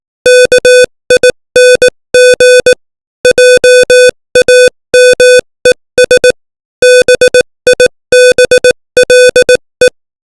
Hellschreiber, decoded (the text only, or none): none